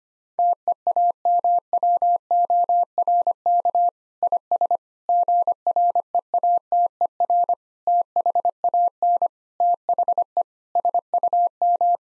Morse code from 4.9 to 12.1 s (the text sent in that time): GREATER THAN THE SUM